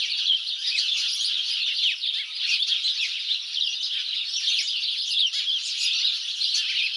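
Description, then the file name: House sparrow chorus, many birds producing steady overlapping chirps and short squeaky notes throughout. "Passer domesticus"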